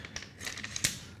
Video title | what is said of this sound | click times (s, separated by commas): The new Ronin-M - setting it up and quick overview of new features | make sure that it clicked in | 0.9 s